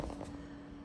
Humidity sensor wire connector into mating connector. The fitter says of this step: You'll feel a little click,